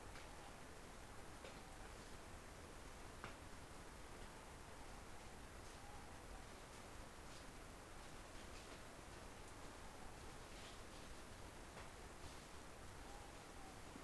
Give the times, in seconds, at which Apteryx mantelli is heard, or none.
none